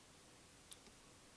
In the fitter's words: push that up and it locks in place so you got even more security knowing that it's not going to fall out